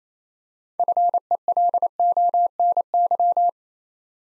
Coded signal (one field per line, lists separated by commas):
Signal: Morse code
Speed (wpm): 28 wpm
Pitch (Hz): 700 Hz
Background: none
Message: FELONY